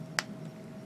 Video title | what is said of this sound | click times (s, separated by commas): *GundamCustoms* RE/100 Bawoo Sleeves version - Part 3 | bring it down like so until it snaps into place | 0.2 s